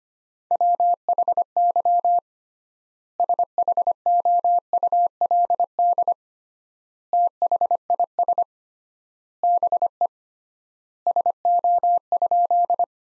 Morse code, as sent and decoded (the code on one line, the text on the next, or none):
.-- .... -.-- / ... .... --- ..- .-.. -.. / - .... .. ... / -... . / ... --- ..--..
WHY SHOULD THIS BE SO?